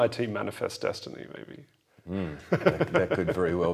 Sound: laughs